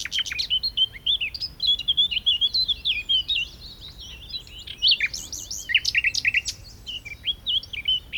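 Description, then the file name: Common nightingale song, continuous jumbled warbling of whistles and sharp notes, with brief pauses between phrases. "Luscinia megarhynchos"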